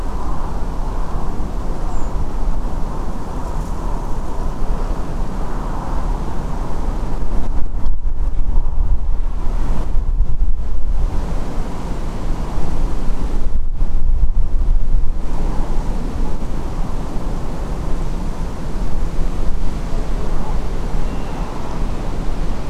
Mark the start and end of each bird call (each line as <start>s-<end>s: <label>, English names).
1.90s-2.10s: Redwing